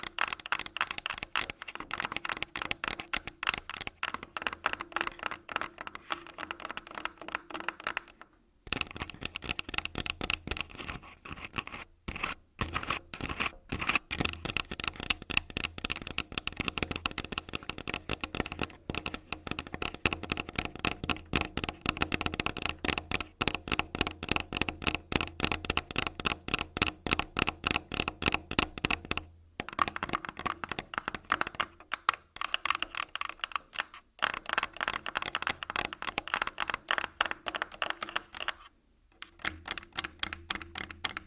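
Fingers tap and scratch rapidly across a textured body, producing a dense, steady stream of crisp clicks and scrapes that run through the whole recording. Brief silent gaps break it near 8, 12, 29, 34 and 39 seconds, with a soft low hum underneath.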